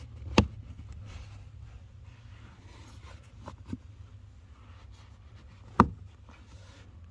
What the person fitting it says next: those both snap in place nicely